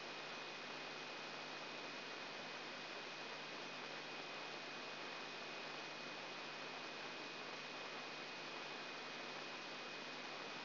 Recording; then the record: brain microelectrode recording played as sound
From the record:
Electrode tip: inside the subthalamic nucleus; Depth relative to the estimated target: -4 mm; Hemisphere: left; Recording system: AlphaMap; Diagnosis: Parkinson's disease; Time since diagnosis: 9 years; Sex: male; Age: 66 years